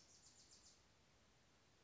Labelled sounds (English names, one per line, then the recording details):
Bewick's Wren
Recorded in Sonoma County, California